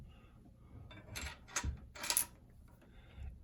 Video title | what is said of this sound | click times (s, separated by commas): Mosin Nagant bayonet issue fixed! | and it actually clicks into place. So this now officially does lock into place, | 2.1 s, 2.2 s